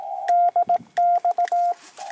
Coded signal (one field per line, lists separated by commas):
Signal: Morse code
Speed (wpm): 18 wpm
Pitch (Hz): 700 Hz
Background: none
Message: DX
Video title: EA1AQ: FT-897D Solar: CW QSO with DF2DM